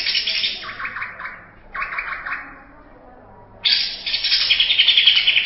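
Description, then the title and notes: Greater green leafbird song in bursts of fast, harsh chattering notes, broken by a quiet gap of about one second before a dense, scratchy phrase returns. Champion bird. "Kicau Burung Cucak Ijo Juara. Suara kicauan burung cucak ijo"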